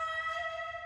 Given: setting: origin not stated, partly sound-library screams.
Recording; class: one-second piece from a danger detection set; woman in danger